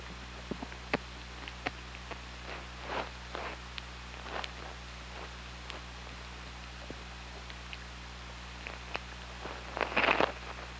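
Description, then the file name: Killer whale clicks: scattered sharp ticks, then a brief louder pulsed burst near the end, all over a constant low hum. Recorded on the OrcaLab hydrophone at Parson Island, 24 August 2017, 21:18. "Orca Lab UTLN JASON 20170824 211828 h 3 PI ORCALABDYNI"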